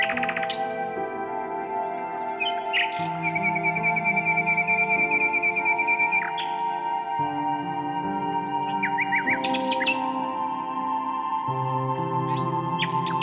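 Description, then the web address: Common nightingale singing a long, even whistled note, then sharp upward-sweeping notes and quick trills, set against a sustained low humming chord that changes step by step. "Circlesandlines recordings. h wialenove - nightingale song"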